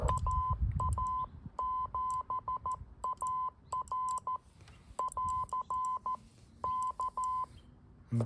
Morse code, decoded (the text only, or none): AA7AR <AR> K